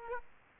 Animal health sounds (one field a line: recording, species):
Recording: mosquito wingbeat signal from an infrared sensor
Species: Aedes aegypti